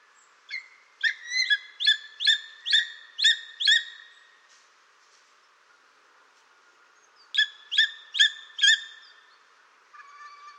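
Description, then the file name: Spotted eagle giving high, clipped yelping notes, eight in a quick run, a pause, then four more. "orlik"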